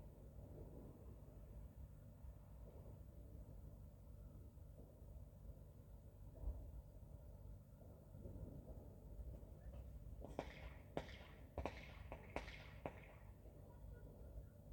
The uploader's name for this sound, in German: Silvesternacht: Feuerwerk und Freude